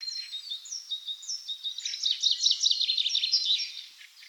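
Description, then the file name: Common chaffinch singing quick high chirps that build into a loud, dense trill, then softer notes trailing off. "Fringilla coelebs"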